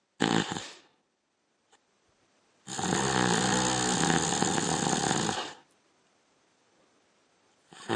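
Loud rattling, fluttering snore bursts from an adult man, with quiet pauses between: a short one at the start, a long harsh one lasting nearly three seconds, and another beginning at the end.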